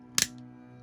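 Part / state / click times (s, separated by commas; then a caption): plastic display stand pylon into its base / seated / 0.2 s. A plastic display-stand pylon is pressed into the plastic base of a die-cast Millennium Falcon ship stand, making a sharp double click at about 0.2 s and 0.2 s, with the main snap at 0.2 s. A faint tick follows at 0.4 s over a steady low background hum. The pylon is seated in the base and ready for the ship.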